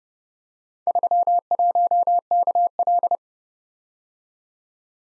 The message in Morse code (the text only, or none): 31KL